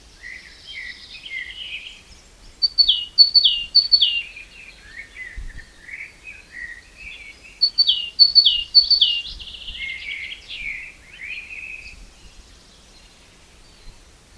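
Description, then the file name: Great tit song in two phrases, each a quick series of sharp descending notes, linked by softer twittering and chirps. "Parus major"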